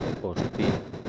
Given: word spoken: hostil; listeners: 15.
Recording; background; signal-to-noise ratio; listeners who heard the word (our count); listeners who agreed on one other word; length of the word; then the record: one Spanish word in noise, from a listening test; noise modulated by three-talker babble; -3.9 dB; 0 of 15; 6 of 15; 0.69 s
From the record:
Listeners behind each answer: 6, 3, 2, 1, 1, 1, 1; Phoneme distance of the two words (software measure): 17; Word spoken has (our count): 2 syllables, 5 phonemes, stress on syllable 2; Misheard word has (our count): 2 syllables, 6 phonemes, stress on syllable 2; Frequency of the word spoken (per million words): 8.09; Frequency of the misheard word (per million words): 0.95